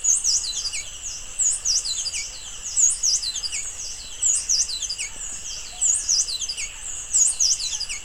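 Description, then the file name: Streak-throated hermit calling with piercing high chirps grouped in quick runs, repeating about every one and a half seconds, against a continuous shrill background hum. "Golosa ptic - Solnechnyj kolibri Rupuruma Phaethornis rupurumii"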